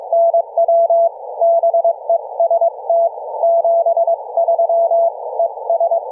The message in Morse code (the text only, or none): NW BEST 73 ES